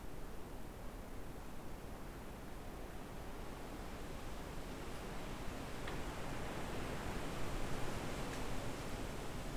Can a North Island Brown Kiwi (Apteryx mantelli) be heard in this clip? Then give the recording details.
no. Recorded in New Zealand on 6 February 2013. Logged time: 23:58. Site DQ55